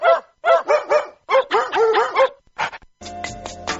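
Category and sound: animal, dog barking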